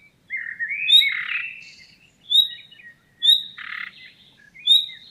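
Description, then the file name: Common nightingale: a slurred warbling phrase, then crisp rising whistles about one to one and a half seconds apart, with a rasping, croaky burst between two of them. "Luscinia megarhynchos"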